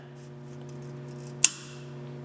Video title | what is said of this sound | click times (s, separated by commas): Witchdoctors - Victory Motorcycle Fork Seal Install Chapter 2.wmv | hear that snap that means it's in place so that means everything's good there now | 1.5 s